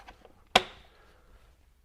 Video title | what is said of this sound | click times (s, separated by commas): ESSENTIAL COMBO - EcoMax Compressor and Wet Dry Shop Vacuum | locks those into place and | 0.6 s